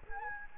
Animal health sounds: mosquito wingbeat signal from an infrared sensor; Anopheles gambiae

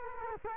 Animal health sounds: mosquito wingbeat signal from an infrared sensor; Culex quinquefasciatus

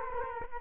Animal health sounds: mosquito wingbeat signal from an infrared sensor; Culex quinquefasciatus

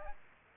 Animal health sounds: mosquito wingbeat signal from an infrared sensor; Aedes aegypti

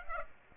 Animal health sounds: mosquito wingbeat signal from an infrared sensor; Aedes aegypti

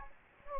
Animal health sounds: mosquito wingbeat signal from an infrared sensor; Anopheles gambiae

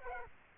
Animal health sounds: mosquito wingbeat signal from an infrared sensor; Aedes aegypti

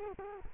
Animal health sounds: mosquito wingbeat signal from an infrared sensor; Culex quinquefasciatus

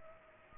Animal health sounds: mosquito wingbeat signal from an infrared sensor; Culex pipiens

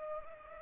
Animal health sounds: mosquito wingbeat signal from an infrared sensor; Culex pipiens

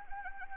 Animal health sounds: mosquito wingbeat signal from an infrared sensor; Anopheles arabiensis

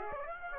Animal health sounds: mosquito wingbeat signal from an infrared sensor; Aedes aegypti

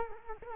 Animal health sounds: mosquito wingbeat signal from an infrared sensor; Culex quinquefasciatus

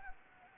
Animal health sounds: mosquito wingbeat signal from an infrared sensor; Anopheles gambiae

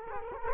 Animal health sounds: mosquito wingbeat signal from an infrared sensor; Culex quinquefasciatus

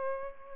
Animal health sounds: mosquito wingbeat signal from an infrared sensor; Aedes albopictus

